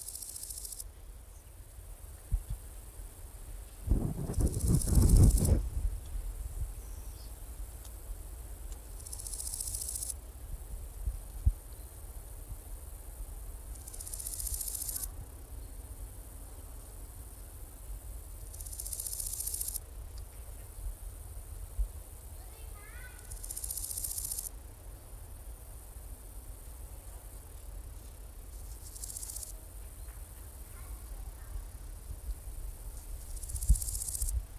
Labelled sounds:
Large Gold Grasshopper stridulation
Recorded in the wild
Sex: male
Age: imago
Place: Strausberg, Barnim, Brandenburg, DE
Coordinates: 52.5533, 13.8819
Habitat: meadow
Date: 1989-08-12 16:18
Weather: sonnig, 28,5°C
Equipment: Riporter 6 RG-K, Halbspur, Sennheiser MKH 416 T
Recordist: Frommolt, Karl-Heinz

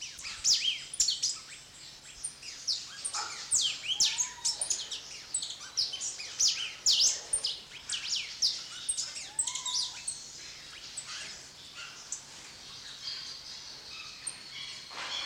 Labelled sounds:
Pink-necked Green Pigeon call
Java Sparrow
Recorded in captivity
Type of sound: call
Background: Lonchura oryzivora
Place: Zoo Berlin, Berlin, DE
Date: 1986-12-30 11:08
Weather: slightly cloudy, bright 5°
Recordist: Tembrock, Günter

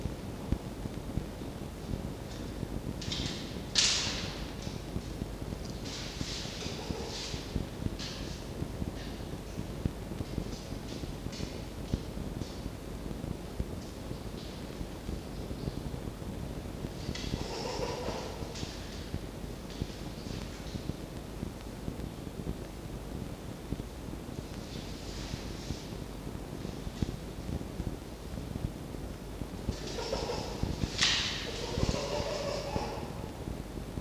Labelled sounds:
Red Fox
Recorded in captivity
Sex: female
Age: adult
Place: Zoologisches Institut der HUB, Berlin, DE
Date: 1952-08-08 19:00
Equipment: Elmetra
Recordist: Tembrock, Günter

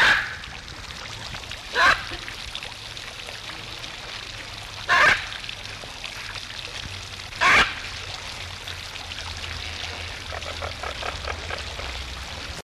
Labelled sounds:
Hyacinth Macaw call
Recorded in captivity
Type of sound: call
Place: Logabirum, Ostfriesland, Niedersachsen, DE
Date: 1973-10-20
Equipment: Halbspur, 9,5 cm/s
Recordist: Lütgens, Hans
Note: Rufe

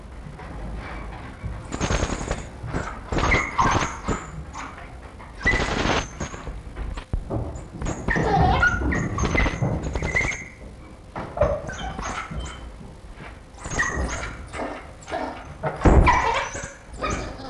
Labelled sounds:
African Wild Dog
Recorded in captivity
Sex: female
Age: adult
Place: Tierpark Berlin, Berlin, DE
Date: 1963-12-25 10:30
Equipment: Minifon, Kopie BG 26/1
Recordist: Tembrock, Günter
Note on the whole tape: 1961 gezüchtet. Rhythmisches Winseln und andere Laute, als Pfleger vorbeigehen und nachdem sie fort sind. Abstand: 3-4 m. Aufnahmezeit: 10.30 bis 13.30 Uhr

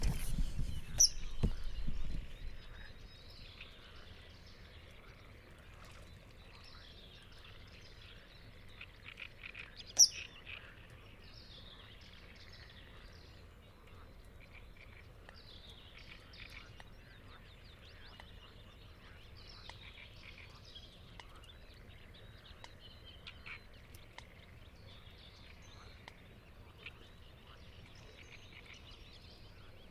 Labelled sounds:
Eurasian Coot call
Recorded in the wild
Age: adult
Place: Hobrechtsfelder Rieselfelder, Naturpark Barnim, Brandenburg, DE
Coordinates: 52.6681, 13.4717
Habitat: pond
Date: 2008-05-12
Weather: wolkenlos, windstill, ca. 15°C
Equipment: Sound Devices 702, Sennheiser MKH 70, Windkorb
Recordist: Frommolt, Karl-Heinz

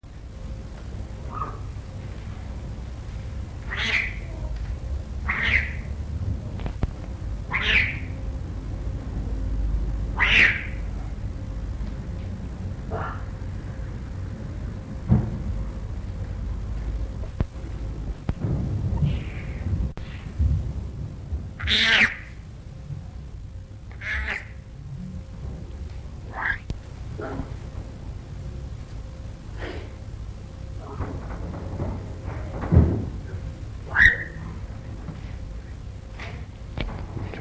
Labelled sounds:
Leopard call
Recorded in captivity
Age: juvenile
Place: Tierpark Berlin, Berlin, DE
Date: 1962-10-20 14:00
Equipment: Minifon, Kopie Smaragd
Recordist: Tembrock, Günter

